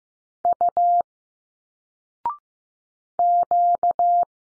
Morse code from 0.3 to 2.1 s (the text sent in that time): U